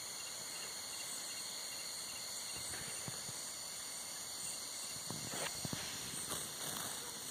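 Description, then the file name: Cricket chorus, a steady high-pitched ringing drone without pause, with a few faint clicks and rustles in the background. Heard at night as part of a night soundscape. "Laserna Lupe Bio Fon A Noche Grillos Sapos"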